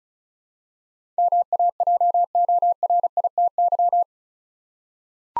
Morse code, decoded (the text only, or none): MAJORITY